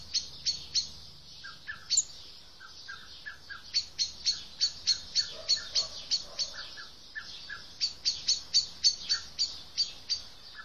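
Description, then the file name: Eurasian blackbird giving rapid, sharp, high-pitched call notes in irregular bursts, interspersed with softer lower chips and a low background hum. "Turdus merula"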